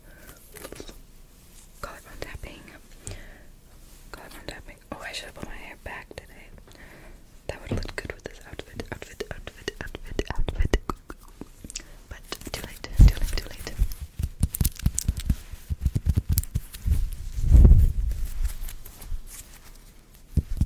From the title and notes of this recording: ASMR Body Triggers (Fast & Aggressive) Intense Nail Sounds, Mouth Sounds, Hand Sounds, Rambles.